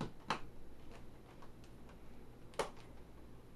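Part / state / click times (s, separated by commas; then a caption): memory module into motherboard DIMM slot / seated / 0.3 s, 2.6 s. Another memory module is pushed into its motherboard DIMM slot until the retention clips snap shut, giving sharp clicks at 0.3 s and 2.6 s over a low, steady background hum. The module is seated and latched home.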